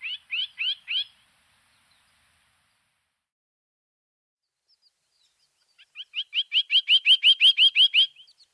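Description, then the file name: Bird song: four sharp rising notes, a pause of several seconds, then a long run of about a dozen rapid, repeated chirps. "chant oiseau"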